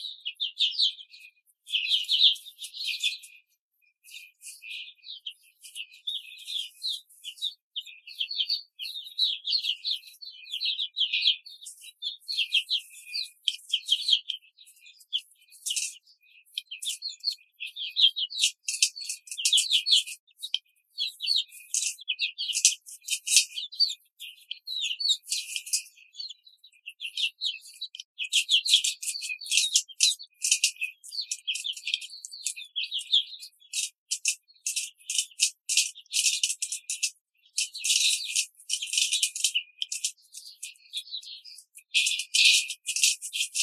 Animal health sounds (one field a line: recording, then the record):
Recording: young laying hens in a cage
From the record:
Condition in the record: control cage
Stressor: none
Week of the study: 5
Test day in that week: 1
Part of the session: 1